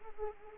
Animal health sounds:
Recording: mosquito wingbeat signal from an infrared sensor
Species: Anopheles arabiensis

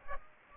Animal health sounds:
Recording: mosquito wingbeat signal from an infrared sensor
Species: Aedes aegypti

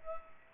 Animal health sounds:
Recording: mosquito wingbeat signal from an infrared sensor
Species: Culex pipiens

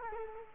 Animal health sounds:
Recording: mosquito wingbeat signal from an infrared sensor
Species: Culex quinquefasciatus

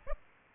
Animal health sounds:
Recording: mosquito wingbeat signal from an infrared sensor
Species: Aedes aegypti

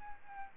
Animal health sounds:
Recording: mosquito wingbeat signal from an infrared sensor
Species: Aedes albopictus

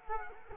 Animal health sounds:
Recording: mosquito wingbeat signal from an infrared sensor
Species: Culex quinquefasciatus

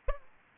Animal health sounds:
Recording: mosquito wingbeat signal from an infrared sensor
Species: Aedes albopictus

